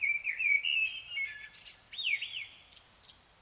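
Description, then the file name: Common blackbird song: a low fluted warble, then a jump to high, strained squeaks and thin whistled slurs that taper off. "Turdus merula"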